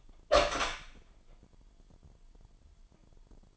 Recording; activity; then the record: daily activity, microphone in the room; open door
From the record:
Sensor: 5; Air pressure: 998.4 hPa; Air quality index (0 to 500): 82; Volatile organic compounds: 1 ppm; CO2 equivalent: 935 ppm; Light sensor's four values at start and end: 32/79/32/36 and 32/79/32/36